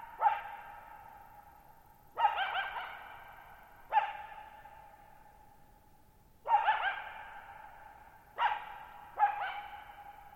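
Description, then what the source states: Coyote barking repeatedly, six harsh barks at uneven spacing, each followed by a long fading echo in an otherwise quiet night. Lone wild coyote at night, July 14, 2019, Thirtymile Meadows, Okanogan National Forest, Pacific Northwest, 1950 m; open shallow-bowl meadow with boggy ground, very quiet, long reverberation.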